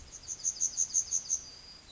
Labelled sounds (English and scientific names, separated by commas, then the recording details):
Yellowhammer (Emberiza citrinella) song
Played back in forest
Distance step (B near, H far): E
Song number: 168